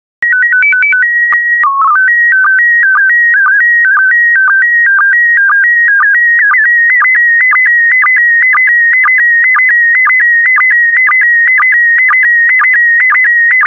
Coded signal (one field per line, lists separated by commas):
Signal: SSTV (slow-scan television)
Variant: PD 120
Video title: 150064 Autumn SSTV PD120